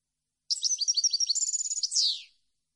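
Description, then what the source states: European goldfinch song: a compact two-second phrase of fast, sparkling notes with a short trill, ending on a louder falling buzz. Clean goldfinch song intended for birds to copy.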